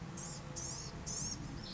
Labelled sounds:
Blue-gray Gnatcatcher (Polioptila caerulea)
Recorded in Sonoma County, California

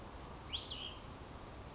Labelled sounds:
Cassin's Vireo (Vireo cassinii)
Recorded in Sonoma County, California

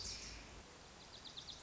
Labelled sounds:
Lazuli Bunting (Passerina amoena)
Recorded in Sonoma County, California

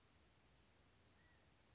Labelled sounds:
California Quail (Callipepla californica)
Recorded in Sonoma County, California

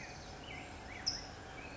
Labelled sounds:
California Towhee (Melozone crissalis)
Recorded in Sonoma County, California

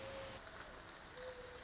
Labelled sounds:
Mourning Dove (Zenaida macroura)
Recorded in Sonoma County, California

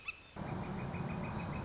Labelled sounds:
Northern Flicker (Colaptes auratus)
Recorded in Sonoma County, California

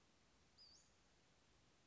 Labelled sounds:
Western Flycatcher (Empidonax difficilis)
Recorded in Sonoma County, California

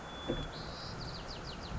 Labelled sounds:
White-crowned Sparrow (Zonotrichia leucophrys)
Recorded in Sonoma County, California

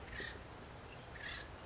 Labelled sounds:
Acorn Woodpecker (Melanerpes formicivorus)
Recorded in Sonoma County, California

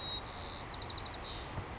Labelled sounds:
White-crowned Sparrow (Zonotrichia leucophrys)
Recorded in Sonoma County, California

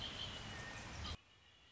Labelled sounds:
Red-winged Blackbird (Agelaius phoeniceus)
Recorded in Sonoma County, California

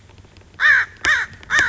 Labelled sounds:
American Crow (Corvus brachyrhynchos)
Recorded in Sonoma County, California

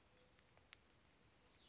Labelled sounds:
Cassin's Vireo (Vireo cassinii)
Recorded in Sonoma County, California

